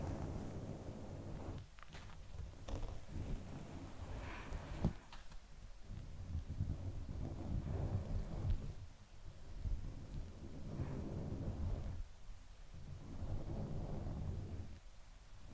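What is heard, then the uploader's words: Soft, fluffy mic covers are rubbed and scratched, making a dense, low, rumbling rustle that swells and fades in waves. Brief pauses fall roughly every three seconds, and a few sharp plucks and taps pop out near the start and around the fifth second. ASMR SoftGentle Fluffy Mic Touching, Scratching, Plucking.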